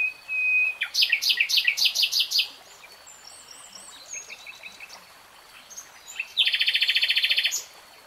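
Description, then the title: Nightingale song: a long flat whistle, then a rapid series of loud repeated chirps, softer varied notes, and a fast buzzy rattle near the end. Nightingale singing, recorded in real time. "[Tiếng chim hót] REALTIME Nightingale Singing"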